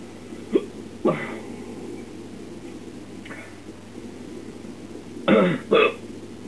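Five short, sharp voiced gulps at irregular intervals over about six seconds, typical of hiccups in an adult.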